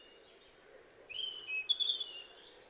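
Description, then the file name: European robin singing softly: a long, very high, thin whistle followed by lower, wavering liquid notes. "Erithacus rubecula"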